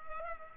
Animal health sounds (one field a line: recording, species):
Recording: mosquito wingbeat signal from an infrared sensor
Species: Culex pipiens